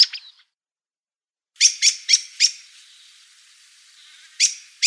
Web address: soud Drozd chernozobyj